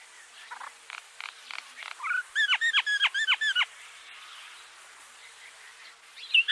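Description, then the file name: Common myna calls: several soft clicks, then a rapid run of several loud, harmonic, downward-bending notes in quick succession, followed by quiet background and a brief note at the end. "Indian Myna"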